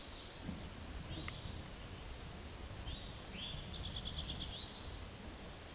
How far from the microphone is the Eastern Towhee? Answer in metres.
about 65 m